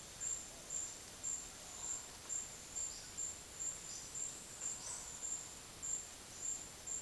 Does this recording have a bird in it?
no